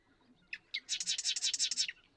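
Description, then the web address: Marsh Wren song, two sharp introductory notes followed by a fast, buzzy series of repeated notes. "birdsongforthecurious Marsh Wren"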